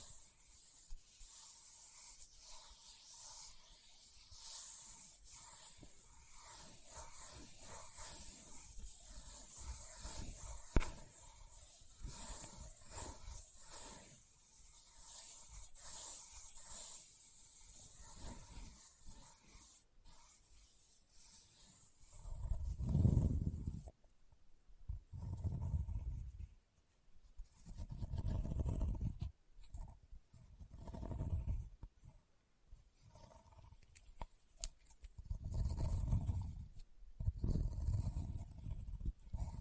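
Leather being scratched and tapped: the first twenty seconds are a steady, bright scratching hiss made of dense rapid strokes, with a single sharp tap near eleven seconds. After that, slower thumping rubs come in low swells every two to three seconds, separated by brief quiet gaps.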